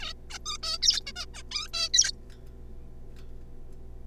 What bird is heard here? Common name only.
Zebra Finch